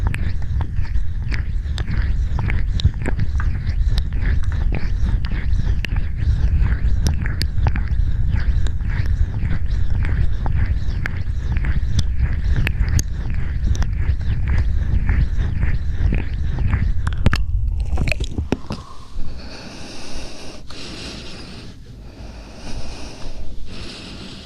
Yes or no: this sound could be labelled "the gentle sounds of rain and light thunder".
no